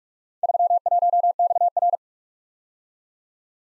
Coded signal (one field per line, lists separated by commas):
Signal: Morse code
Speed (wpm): 44 wpm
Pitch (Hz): 700 Hz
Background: none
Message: 31XR